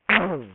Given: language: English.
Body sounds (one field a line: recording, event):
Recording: throat vibration sensor signal played as sound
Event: throat clearing